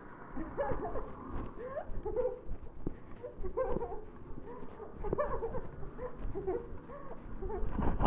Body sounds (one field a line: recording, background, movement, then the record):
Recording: laughter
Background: traffic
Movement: walking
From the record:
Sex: female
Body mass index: 18.8 kg/m2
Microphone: on the chest, facing the body